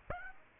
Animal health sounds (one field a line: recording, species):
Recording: mosquito wingbeat signal from an infrared sensor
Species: Aedes aegypti